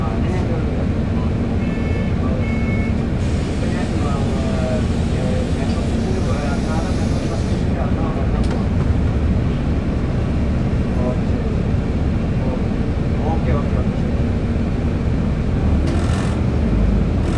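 A steady low engine rumble fills a bus ride, with faint voices talking and brief brighter bursts around seconds 8 and 16.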